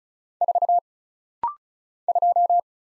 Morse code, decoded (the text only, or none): 4 2